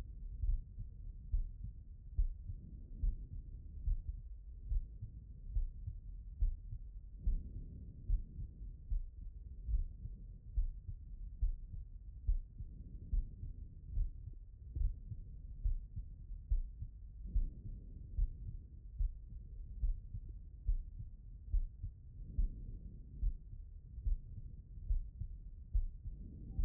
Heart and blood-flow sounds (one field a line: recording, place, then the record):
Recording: heart sounds by stethoscope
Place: pulmonary valve (PV)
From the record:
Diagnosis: non-HFrEF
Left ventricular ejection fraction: 67%